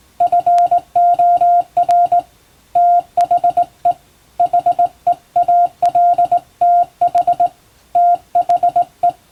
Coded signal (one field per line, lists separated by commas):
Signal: Morse code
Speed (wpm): 20 wpm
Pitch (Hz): 700 Hz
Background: radio noise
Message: FOR THE HEALTH THE